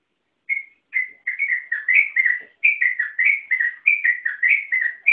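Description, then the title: Yellow-vented bulbul singing a lively series of bubbling whistles after a short silence, notes tumbling up and down in quick, uneven phrases. "Suara Trucukan"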